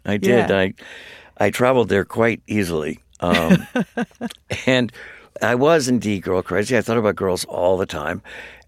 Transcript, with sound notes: I did.
Yeah.
I traveled there quite easily.
(Laughter).
And I was, indeed, girl crazy. I thought about girls all the time.